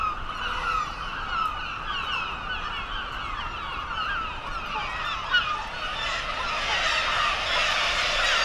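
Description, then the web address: Black-legged kittiwake colony calls, many overlapping nasal, wavering cries forming a steady chorus that swells and brightens in the final seconds. "sound Black-legged-kittiwake. صدای-پرنده-کاکایی-پاسیاه"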